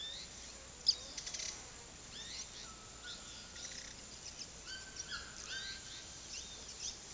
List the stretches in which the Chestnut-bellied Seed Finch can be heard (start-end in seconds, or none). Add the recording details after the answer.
none. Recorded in pastures near Puerto Asís, Putumayo, Colombia, on 19 February 2024 at 11:00. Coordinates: 0.466, -76.323. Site G6384